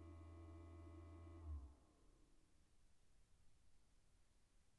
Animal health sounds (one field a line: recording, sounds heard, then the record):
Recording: poultry house recording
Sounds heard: no chicken sound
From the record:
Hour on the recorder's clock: 0